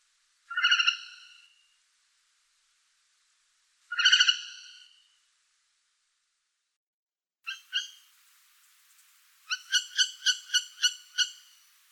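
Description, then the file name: Northern hawk-owl making two drawn-out rasping screeches, then a stuttering series of short harsh notes. "Sova yastrebinaya Surnia ulula"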